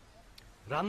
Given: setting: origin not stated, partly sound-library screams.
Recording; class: one-second piece from a danger detection set; normal situation